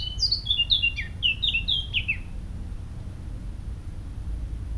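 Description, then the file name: Eurasian blackcap song: a short burst of loud, clear whistled phrases lasting about two seconds, followed by quiet low background hum. "Sylvia atricapilla"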